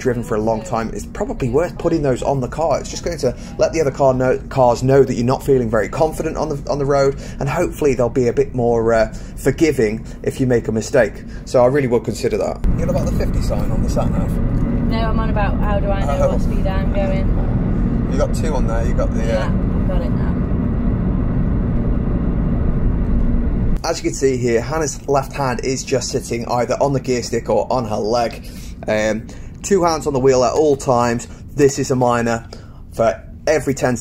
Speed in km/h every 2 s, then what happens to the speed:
56, 56, 56, 61, 64, 64, 64, 66, 68, 68, 68, 64, 60, 50, 40, 31, 18.
4-8 speeds up to 64. 8-20 steady at about 66. 20-34 brakes to 18.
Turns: none.